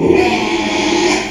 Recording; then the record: squeal of a Yucatan mini pig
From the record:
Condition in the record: after surgery on the right vocal fold (resection and tissue-engineered implant); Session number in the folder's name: 2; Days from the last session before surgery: 13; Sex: male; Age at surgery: 12 weeks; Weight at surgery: 13 kg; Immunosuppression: cyclosporine, prednisolone